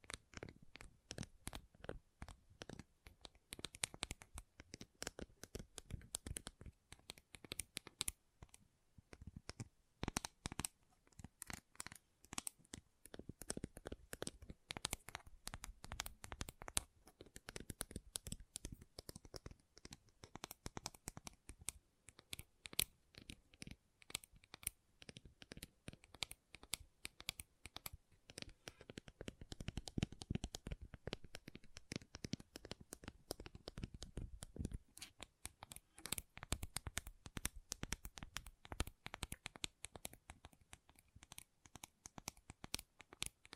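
Gentle tapping goes on for the whole clip: quick, crisp clicks in an irregular flurry, like fingertips drumming or typing. The taps thicken into denser runs around ten to thirteen seconds and again near thirty to thirty-five, with short pauses between bursts.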